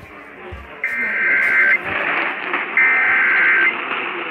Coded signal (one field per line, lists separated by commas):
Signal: Emergency Alert System (SAME) tones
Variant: header bursts